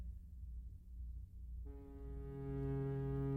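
A ship's horn sounds as the ship slowly leaves the dock in Vancouver: a low rumble gives way to a deep, steady horn blast that starts abruptly and holds for about two seconds, rich with stacked harmonics and growing slightly louder.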